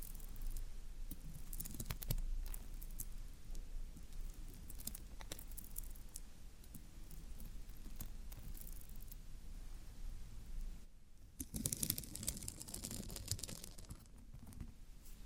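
Floral foam being handled with dense, crackly scratching and crumbling, brief clicks throughout, a short pause near eleven seconds, then rougher rustling.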